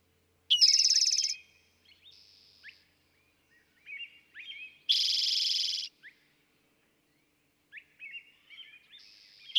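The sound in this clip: Eastern towhee sings two loud buzzy trills and starts a third, while quieter chirps and whistles fill the gaps.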